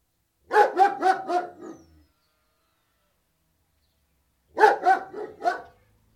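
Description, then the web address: German Shepherd giving two bursts of four rapid, gruff barks, the bursts separated by a long silent gap of about two and a half seconds. Large Alsatian barking, dog indoors with microphone outside. "BBC. large alsatian barking with some birdsong dog interior microphone exterior"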